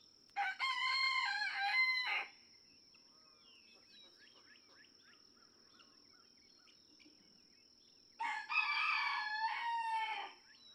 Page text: Birdsong for the Curious Naturalist. Red junglefowl (chicken). No two roosters crow alike in this Kentucky barnyard. June 2, 2010. Just outside Mammoth Cave National Park, Kentucky